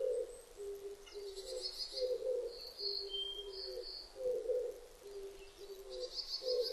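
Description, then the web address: Oriental turtle dove repeating a deep, throaty cooing phrase of alternating notes, with high thin calls from other birds in the background. Recorded on 19 April 2005. "2005 050419 kijibato"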